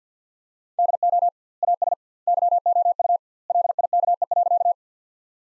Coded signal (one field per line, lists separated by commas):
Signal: Morse code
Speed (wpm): 51 wpm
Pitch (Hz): 700 Hz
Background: none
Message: DO AS YOU LIKE.